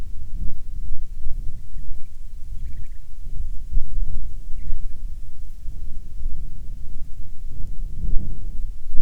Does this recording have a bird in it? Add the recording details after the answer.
yes. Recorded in the Arctic National Wildlife Refuge, Alaska, on 9 July 2019 at 21:38. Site 48